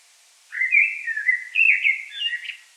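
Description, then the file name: Common blackbird with a single continuous, mellow warbled phrase that rises and falls, ending in a few higher twittery notes. "Turdus merula"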